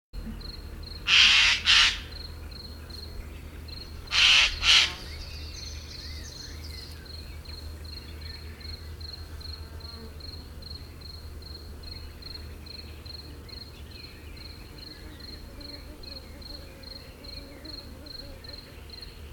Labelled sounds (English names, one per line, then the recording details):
Eurasian Jay call
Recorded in the wild
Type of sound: call
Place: Primorsko, Burgas, BG
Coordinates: 42.268, 27.753
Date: 1974-06-01
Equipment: Nagra III BH, Sennheiser MD 21, parabola
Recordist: Schubert, Michael
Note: Eichelhäher "rätscht" (nicht ganz gelöschte Aufnahmereste)